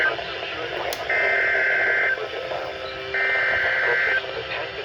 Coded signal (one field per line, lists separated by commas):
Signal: Emergency Alert System (SAME) tones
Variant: header bursts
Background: speech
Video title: ZERO PRODUCTIVITY AHAHAHAHA (eas alerts from July 21 and 22 2026)